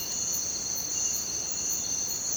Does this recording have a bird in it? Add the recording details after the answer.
no. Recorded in dense forest near Puerto Asís, Putumayo, Colombia, on 19 June 2025 at 06:00. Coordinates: 0.484, -76.317. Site G045